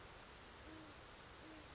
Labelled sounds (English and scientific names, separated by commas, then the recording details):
Great Horned Owl (Bubo virginianus)
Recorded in Sonoma County, California